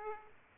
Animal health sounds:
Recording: mosquito wingbeat signal from an infrared sensor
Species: Aedes aegypti

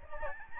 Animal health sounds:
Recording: mosquito wingbeat signal from an infrared sensor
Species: Aedes albopictus

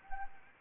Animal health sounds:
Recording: mosquito wingbeat signal from an infrared sensor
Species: Anopheles arabiensis

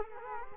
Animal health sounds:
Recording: mosquito wingbeat signal from an infrared sensor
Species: Culex quinquefasciatus

